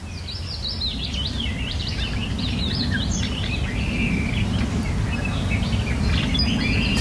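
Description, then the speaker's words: Nightingale song: rapid high whistles, trills and chirping phrases delivered continuously over a steady low rumble of background noise. Heard on the Dordrecht side of the Biesbosch, recorded by a listener; a pure-sounding song. "Hanneke Hemelaar, die hoort aan de Dordtse kant van het Biesbos een loepzuivere nachtegaal. Ze neemt hem op en stuurt hem naar vroegevogels@bienavara.nl."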